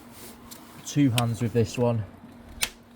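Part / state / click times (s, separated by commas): air filter housing retaining clip onto the air box / seated / 2.6 s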